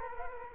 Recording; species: mosquito wingbeat signal from an infrared sensor; Culex quinquefasciatus